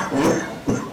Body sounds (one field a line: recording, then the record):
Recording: coughing mixed with background sound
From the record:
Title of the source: Spring Cold Coughing 3